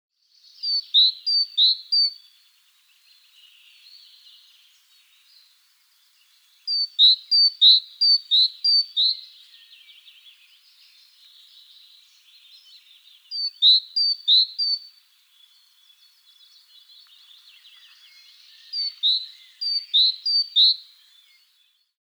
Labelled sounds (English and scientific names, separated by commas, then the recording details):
Great Tit (Parus major)
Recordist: Frommolt, Karl-Heinz
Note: Gesang